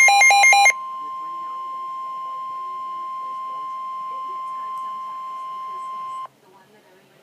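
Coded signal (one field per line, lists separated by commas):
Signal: Emergency Alert System (SAME) tones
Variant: 1050 Hz attention tone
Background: speech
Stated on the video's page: Real alert received on NOAA Weather Radio.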